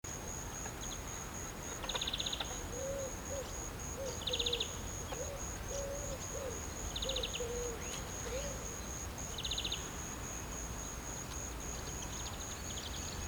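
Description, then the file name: European greenfinch calls, short pulsed buzzy bursts repeated every two to three seconds, with a string of low soft notes below and steady background hiss. "Chloris chloris"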